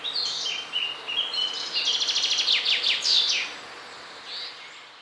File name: Fringilla coelebs